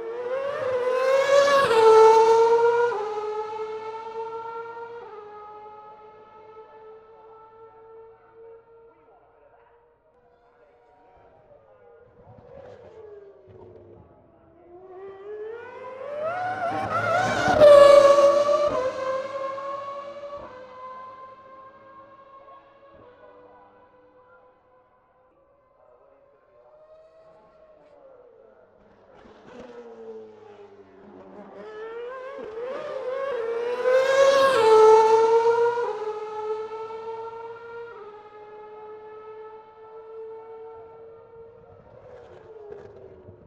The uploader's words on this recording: McLaren Formula 1 V8s and V10s at Monterey.